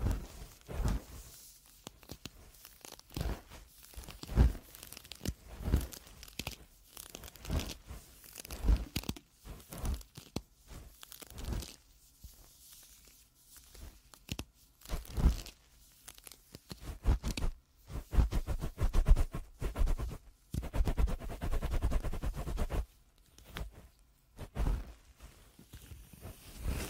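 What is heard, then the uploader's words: Ear cleaning: crackly, scratchy rustling bursts come in irregular clusters throughout, some sharp and crinkling like tearing paper. Short quiet gaps separate the busier stretches, with dense activity around the middle and again near the end, and a low thump underneath. ASMR Best Ear Cleaning.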